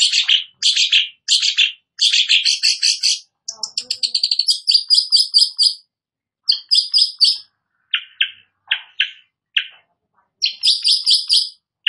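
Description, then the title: Long-tailed shrike song: bursts of harsh, chattering high notes, then a rapid buzzy trill and sharper downslurred chips, delivered in quick, varied phrases. Singing vigorously (gacor). "Cendet Gacor"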